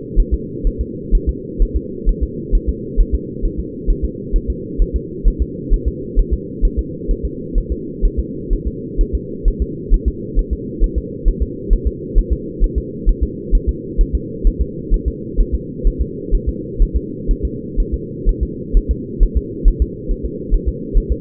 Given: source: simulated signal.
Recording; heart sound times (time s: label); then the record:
fetal heart sounds
0.20 s: S1
0.34 s: S2
0.67 s: S1
0.81 s: S2
1.15 s: S1
1.29 s: S2
1.62 s: S1
1.76 s: S2
2.09 s: S1
2.23 s: S2
2.55 s: S1
2.69 s: S2
3.00 s: S1
3.15 s: S2
3.45 s: S1
3.59 s: S2
3.90 s: S1
4.05 s: S2
4.36 s: S1
4.50 s: S2
4.82 s: S1
4.96 s: S2
5.28 s: S1
5.42 s: S2
5.74 s: S1
5.88 s: S2
6.19 s: S1
6.33 s: S2
6.65 s: S1
6.79 s: S2
7.11 s: S1
7.25 s: S2
7.58 s: S1
7.72 s: S2
8.05 s: S1
8.19 s: S2
8.53 s: S1
8.67 s: S2
9.01 s: S1
9.15 s: S2
9.48 s: S1
9.62 s: S2
9.94 s: S1
10.08 s: S2
10.39 s: S1
10.53 s: S2
10.84 s: S1
10.98 s: S2
11.28 s: S1
11.43 s: S2
11.73 s: S1
11.87 s: S2
12.18 s: S1
12.33 s: S2
12.64 s: S1
12.78 s: S2
13.09 s: S1
13.23 s: S2
13.55 s: S1
13.69 s: S2
14.01 s: S1
14.15 s: S2
14.47 s: S1
14.61 s: S2
14.94 s: S1
15.08 s: S2
15.41 s: S1
15.55 s: S2
15.87 s: S1
16.01 s: S2
16.34 s: S1
16.49 s: S2
16.82 s: S1
16.97 s: S2
17.31 s: S1
17.45 s: S2
17.80 s: S1
17.94 s: S2
18.29 s: S1
18.43 s: S2
18.77 s: S1
18.91 s: S2
19.23 s: S1
19.37 s: S2
19.68 s: S1
19.82 s: S2
20.11 s: S1
20.25 s: S2
20.54 s: S1
20.69 s: S2
20.97 s: S1
21.12 s: S2
From the record:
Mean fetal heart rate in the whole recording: 130 bpm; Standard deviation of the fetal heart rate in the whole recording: 4 bpm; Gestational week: 38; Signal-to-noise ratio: -4.1 dB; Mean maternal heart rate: no maternal heart sound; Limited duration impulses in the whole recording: absent